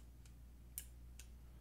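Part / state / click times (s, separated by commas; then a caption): knife blade locking into OTF deployed lock / seated / 0.8 s. A partly disassembled Guardian Tactical Recon Elite OTF knife has its blade pulled out by hand until it locks in the deployed position. A sharp click at 0.8 s marks the lock seating, with a faint tick just before and a second, softer click at 1.2 s over a low hum. The blade ends up locked in the deployed position.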